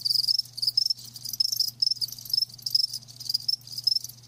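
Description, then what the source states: Cricket chirps in quick, shrill pulses, repeated several times a second over a faint steady hum. Live crickets chirping with a lulling song.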